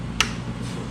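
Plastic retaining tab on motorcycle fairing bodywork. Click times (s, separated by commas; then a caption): 0.2 s. A plastic retaining tab on the fairing cowling bodywork of a Kawasaki Vulcan VN1700 motorcycle is pushed down once the part sits fully in its hole. It snaps shut with a single sharp click at 0.2 s over a low steady hum, and the tab locks in place.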